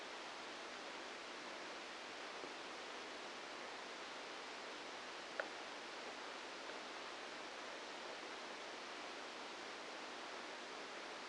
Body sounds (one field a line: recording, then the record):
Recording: brain microelectrode recording played as sound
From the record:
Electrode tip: outside the subthalamic nucleus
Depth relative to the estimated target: 2 mm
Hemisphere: left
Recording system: NeuroSet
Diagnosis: Parkinson's disease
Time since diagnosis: 9 years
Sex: female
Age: 51 years